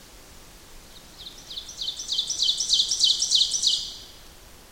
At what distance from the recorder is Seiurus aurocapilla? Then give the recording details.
about 15 m. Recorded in boreal forest in Alberta, Canada, on 8 June 2016 at 08:42. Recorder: SongMeter 3, array SBT-3-9. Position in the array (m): 165 m, 151 m. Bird 35